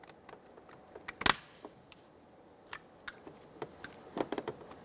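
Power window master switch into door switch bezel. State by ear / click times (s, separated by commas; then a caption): seated / 1.1 s, 1.2 s, 3.1 s. A new plastic master power window switch for a 2004-2008 Ford F-150 is lined up and pressed by hand into its plastic door switch bezel. Sharp plastic clicks from the locking tabs sound at 1.1, 1.2 and 3.1 seconds, among softer taps and handling noises. The switch is seated in the bezel.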